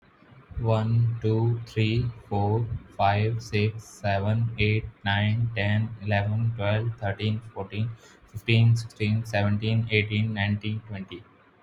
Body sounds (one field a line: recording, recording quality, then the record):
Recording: counting at a normal pace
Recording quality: excellent, no background noise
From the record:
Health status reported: healthy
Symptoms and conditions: none ticked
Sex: male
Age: 31 years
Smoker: not ticked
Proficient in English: yes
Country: India